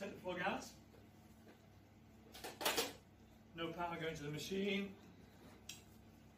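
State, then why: Released. Someone talks while the shaft of a stick blender is turned anti-clockwise on its motor unit, with no power going to the machine, to unlock the bayonet joint. A small sharp click sounds at 5.7 s as the shaft is released.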